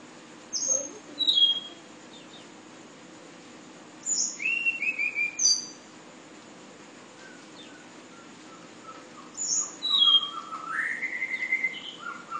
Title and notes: Tledekan/Sulingan ABABIL. Suara Burung Tledekan Ababil dari Kudus